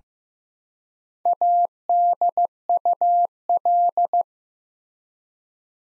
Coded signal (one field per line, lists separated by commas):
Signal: Morse code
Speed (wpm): 15 wpm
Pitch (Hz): 700 Hz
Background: none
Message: ADUL